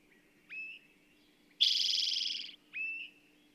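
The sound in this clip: Bird song: a rising whistled note, a loud, pulsing buzzy trill of about a second, then another rising whistle.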